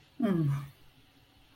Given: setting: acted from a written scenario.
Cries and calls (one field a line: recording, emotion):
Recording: vocal sound without words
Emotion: shame